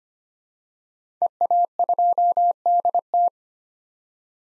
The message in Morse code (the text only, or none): EA2DT